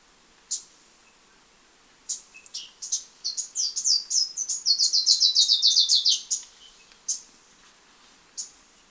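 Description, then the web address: Black-crested warbler song: a few separate high chips building into a fast, even run of bright notes that gradually descends, then scattered single chips afterward. Recorded in Ecuador. "Birds of Ecuador. Black-crested Warbler"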